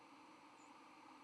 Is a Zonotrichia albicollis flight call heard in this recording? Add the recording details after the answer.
yes. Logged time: 07:52 on 31 October 2014